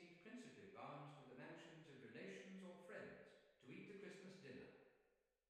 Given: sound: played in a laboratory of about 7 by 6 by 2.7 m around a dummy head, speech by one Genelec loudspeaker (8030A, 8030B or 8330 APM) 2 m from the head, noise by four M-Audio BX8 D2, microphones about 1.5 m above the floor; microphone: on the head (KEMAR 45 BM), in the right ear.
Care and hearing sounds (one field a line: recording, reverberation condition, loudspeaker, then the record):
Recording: male speech in English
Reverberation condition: high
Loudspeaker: 90 degrees to the left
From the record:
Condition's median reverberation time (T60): about 1300 ms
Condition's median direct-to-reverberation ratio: about -4.0 dB